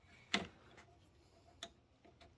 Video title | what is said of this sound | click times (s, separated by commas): Computer Wiring Simplified 2023 | I'm just checking. Oh, there it is. There's the click. All right. | 0.3 s